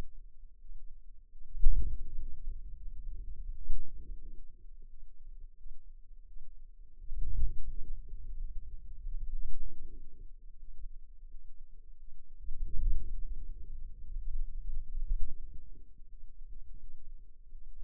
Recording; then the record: forearm muscle sounds (acoustic myography)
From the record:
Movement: wrist extension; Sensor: system 2, bracelet of six BSWA MPA416 microphones around the upper forearm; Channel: 6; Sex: female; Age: 23 years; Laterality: right